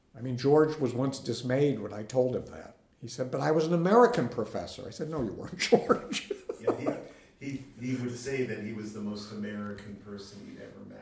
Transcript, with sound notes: I mean, George was once dismayed when I told him that. He said, “But I was an American professor!” I said, “No, you weren’t, George.” (laughs)
Yeah. He would say that he was the most American person he’d ever met.